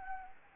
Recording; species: mosquito wingbeat signal from an infrared sensor; Anopheles arabiensis